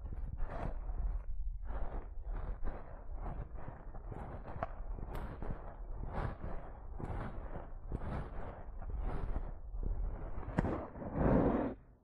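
Dry scratching and rubbing of skin, in short bursts roughly every half second to second, each a soft rasping stroke. A steady low rumble sits underneath throughout, and near the end a louder, fuller rub swells around the eleventh second before stopping.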